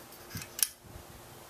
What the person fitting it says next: So, you hear that nice little snap there.